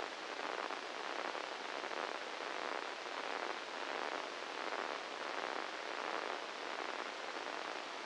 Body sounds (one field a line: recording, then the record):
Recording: brain microelectrode recording played as sound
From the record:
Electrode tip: inside the subthalamic nucleus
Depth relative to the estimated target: -3 mm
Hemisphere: right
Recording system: NeuroSet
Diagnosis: Parkinson's disease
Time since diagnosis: 10 years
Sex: male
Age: 56 years